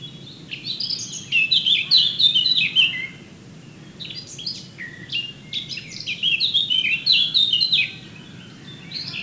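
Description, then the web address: Eurasian blackcap song: two bursts of quick, bright warbling with fluty slurred notes, separated by a pause of about two seconds, over faint low background noise. "SETE data Sylvia atricapilla"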